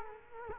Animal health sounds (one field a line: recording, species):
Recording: mosquito wingbeat signal from an infrared sensor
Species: Culex quinquefasciatus